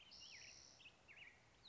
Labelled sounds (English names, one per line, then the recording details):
Spotted Towhee
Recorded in Sonoma County, California